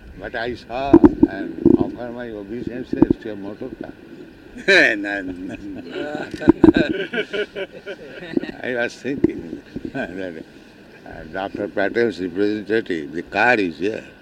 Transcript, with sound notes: But I saw and offer my obeisances to your motorcar. [laughter] I was thinking that "Dr. Patel's representative, the car, is here."